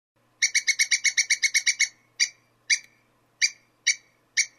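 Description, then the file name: Squirrel chatter: a quick run of harsh, buzzy notes, followed by five spaced single notes about half a second apart, with a faint low hum beneath. "suara bajing. omkicau"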